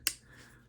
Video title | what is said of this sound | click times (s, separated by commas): CIVIVI Appalachian Drifter Review - S35VN and Micarta - Modern Slipjoint? | snaps shut same thing just opens | 0.1 s